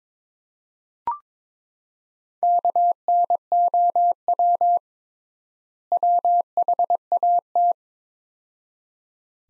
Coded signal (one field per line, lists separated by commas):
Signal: Morse code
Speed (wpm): 22 wpm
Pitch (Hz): 700 Hz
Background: none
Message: KNOW WHAT